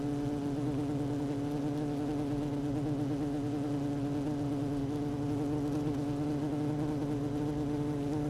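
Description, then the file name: Honey bees buzzing inside a hive, a continuous even drone with layered tonal bands that hold steady for the whole stretch. Queen bee in hive 1, recorded 12 June 2018 at 16:30. "Hive 1 12 06 2018 Queen Bee 16 30 00"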